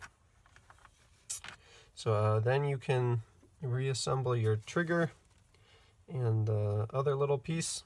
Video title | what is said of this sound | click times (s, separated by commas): Complete Comprehensive Dart Zone Magnum Modguide | orange plunger can fully seat into the shell, and it will click into the place | 1.3 s